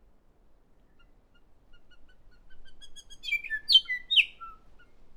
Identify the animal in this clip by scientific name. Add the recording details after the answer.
Anthornis melanura. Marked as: Stutter(decurved), Nailpolish, Trillpipe, Down(notched), Pipe(hi+tinystepup1), Down(CUV1), Pipe(E[6]bent). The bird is a female. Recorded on Cuvier Island, New Zealand, on 6 November 2016. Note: ClearClose